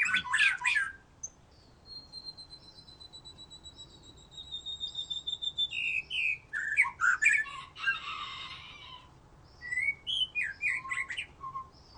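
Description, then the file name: White-rumped shama song opening with a loud chattering burst, then long thin high whistles, followed by harsh rattles and scattered short notes. "murai batu"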